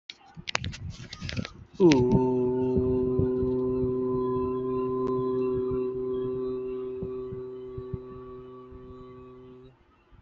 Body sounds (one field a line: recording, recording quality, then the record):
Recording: sustained vowel as in boot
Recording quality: moderate, slight background noise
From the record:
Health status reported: healthy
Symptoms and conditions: none ticked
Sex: male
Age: 25 years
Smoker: not ticked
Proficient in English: yes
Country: India